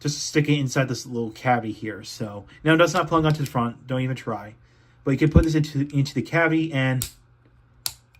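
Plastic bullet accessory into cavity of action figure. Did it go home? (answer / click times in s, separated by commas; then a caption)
yes / 7.9 s. Someone talks while pushing a plastic bullet accessory, which does not plug onto the front and serves only to fit there, into a small cavity on a Star Optimus Prime action figure. One sharp click at 7.9 s, followed by a faint tick, marks the bullet snapping into place and seating securely.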